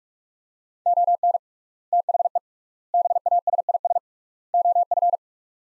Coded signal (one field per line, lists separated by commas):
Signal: Morse code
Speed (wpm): 47 wpm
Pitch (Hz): 700 Hz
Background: none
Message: ON THE BASIS OF